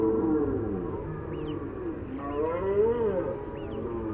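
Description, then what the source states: Red deer bellowing, drawn-out groaning roars that waver in pitch, with a steady low rumble beneath. Bellowing during the rut.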